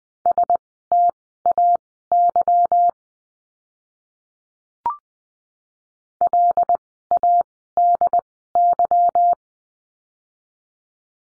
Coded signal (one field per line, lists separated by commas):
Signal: Morse code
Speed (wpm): 20 wpm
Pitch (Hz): 700 Hz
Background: none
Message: STAY LADY